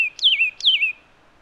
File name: Myiagra Cyanoleuca